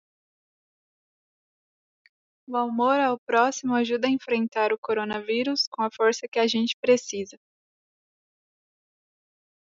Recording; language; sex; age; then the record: spoken sentence; Brazilian Portuguese; female; 20 to 29 years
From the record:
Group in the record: control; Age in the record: 28 years